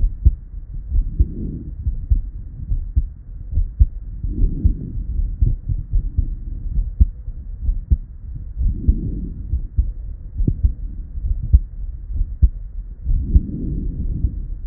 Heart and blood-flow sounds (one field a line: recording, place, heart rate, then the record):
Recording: heart sounds by stethoscope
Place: Erb's point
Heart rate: 70 bpm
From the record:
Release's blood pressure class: hypertension stage 1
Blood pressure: 137/65 mmHg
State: at rest